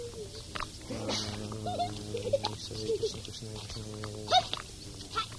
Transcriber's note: laughing